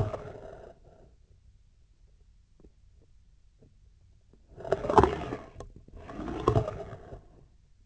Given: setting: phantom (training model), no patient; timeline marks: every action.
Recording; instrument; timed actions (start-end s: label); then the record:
laparoscopic instrument, vibration sensor on the handle end; scissors
0.00-0.81 s: approaching movement
4.50-5.59 s: retracting movement
5.90-7.52 s: approaching movement
From the record:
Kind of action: spatial motion